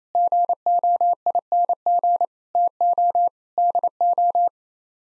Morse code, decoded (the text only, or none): GOING TO DO